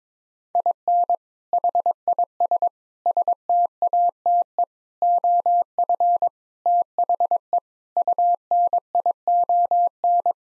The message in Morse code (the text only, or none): IN HIS STATE OF THE UNION